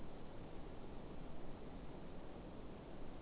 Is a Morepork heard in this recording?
no